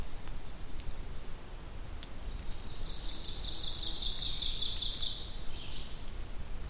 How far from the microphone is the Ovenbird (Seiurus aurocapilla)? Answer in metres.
about 45 m